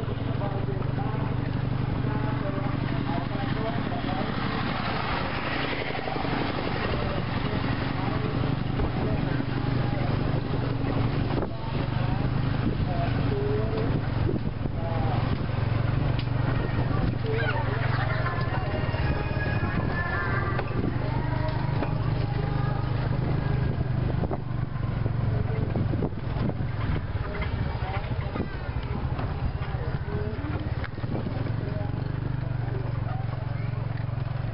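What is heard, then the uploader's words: Street sounds pass by while driving through a small village, with a steady low engine hum underneath the whole time. Voices and chatter run throughout, likely including a voice over a loudspeaker, and a few sharp knocks and clatters occur around the middle. Cambodia - driving through small town. Sounds of the street (voice on loudspeaker) heard while driving through a small village near Siem Reap, Cambodia.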